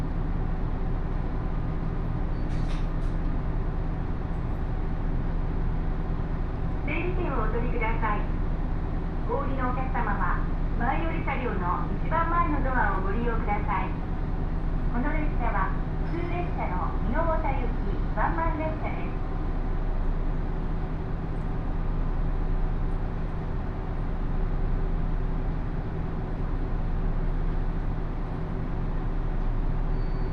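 A local train on the Takayama Line hums with a steady low rumble while a woman's voice speaks from about seven to nineteen seconds.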